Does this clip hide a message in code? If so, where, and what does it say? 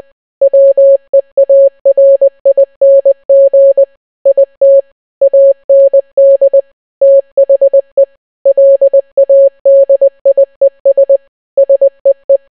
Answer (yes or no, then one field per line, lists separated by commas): yes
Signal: Morse code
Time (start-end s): 0.4-12.4 s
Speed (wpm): 20 wpm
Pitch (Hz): 550 Hz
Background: none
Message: WEARING IT AND THE LADIES SEE